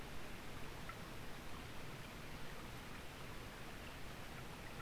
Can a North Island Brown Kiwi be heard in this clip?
no